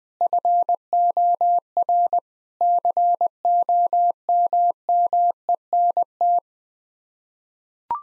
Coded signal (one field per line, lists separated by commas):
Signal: Morse code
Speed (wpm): 20 wpm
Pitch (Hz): 700 Hz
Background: none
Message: FOR COMMENT